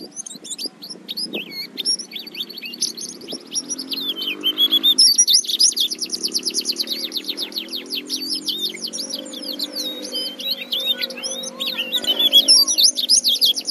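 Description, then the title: White-eye song of rapid, high twittering and slurred whistles, delivered in a dense run, over a low background rumble and occasional faint knocks. "Pleci"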